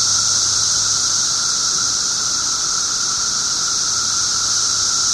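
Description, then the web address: Continuous periodical cicada chorus, a bright sustained hiss and lower whine, with a faint low hum briefly audible at the start and end. 17-year periodical cicadas recorded 18 June 2007 at 1:00 pm. "cicadas 6 18 07 1 ' 00 pm. 17 yrcicada"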